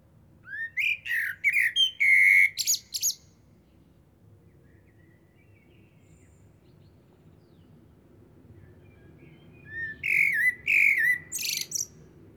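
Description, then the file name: Common blackbird delivering two warbled song phrases, each flute-like with a squeaky finish, separated by a long quiet pause. "Turdus merula"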